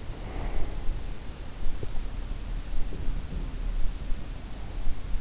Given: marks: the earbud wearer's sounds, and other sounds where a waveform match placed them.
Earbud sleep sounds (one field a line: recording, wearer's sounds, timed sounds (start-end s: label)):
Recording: sounds in sleep by an in-ear microphone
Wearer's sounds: breath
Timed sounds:
0.12-0.68 s: breath